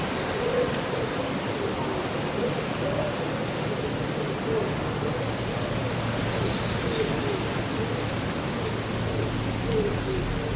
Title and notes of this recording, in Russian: Прохладный летний день: Шелест листвы и пение птиц. Симфония шелеста листьев и мелодии местных птиц